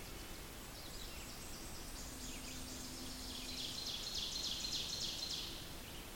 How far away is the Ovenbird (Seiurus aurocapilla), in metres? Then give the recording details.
about 80 m. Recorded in boreal forest in Alberta, Canada, on 28 May 2016 at 06:17. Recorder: SongMeter 3, array SBT-3-49. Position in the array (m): 77 m, 237 m. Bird 14